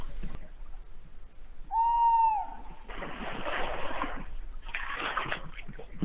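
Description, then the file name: Tawny owl giving one clear, slightly falling hoot, followed by bursts of rushing noise. "chouette hulotte"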